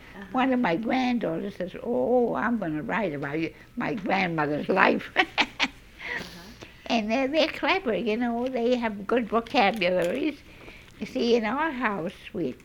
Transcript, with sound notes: One of my granddaughters says, "Oh, I'm going to write about my grandmother's life." ( she laughs ) And they're clever, you know. They have good vocabularies. See, in our house we,